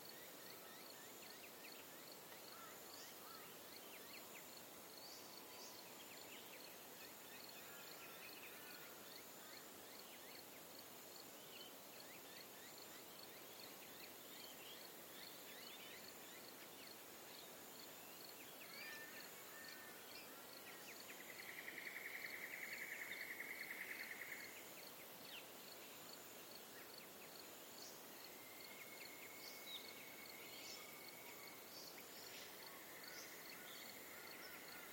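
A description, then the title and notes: Early morning at a river causeway: steady high insect chirring with scattered bird chirps, and a louder rasping call around 21 to 25 seconds. Early morning soundscape from a causeway over the North Pine River at Juff's Crossing, Dayboro, SE Qld. Bird species that can be heard include Rose-crowned Fruit Dove, Spectacled Monarch, White-eared Monarch, Golden Whistler, Torresian Crow and Yellow-tailed Black Cockatoo.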